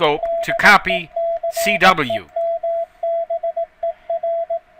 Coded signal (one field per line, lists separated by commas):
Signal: Morse code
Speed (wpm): 18 wpm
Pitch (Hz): 670 Hz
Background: speech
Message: DECEMBER